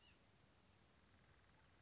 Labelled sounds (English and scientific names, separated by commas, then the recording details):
White-breasted Nuthatch (Sitta carolinensis)
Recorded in Sonoma County, California